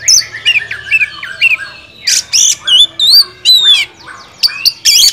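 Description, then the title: Oriental magpie-robin song: a quick run of varied whistled and slurred notes, some rising and some falling, mixed with harsh, scratchy notes. Champion (juara) kacer song, used to train other songbirds (masteran). "Masteran Kacer Juara"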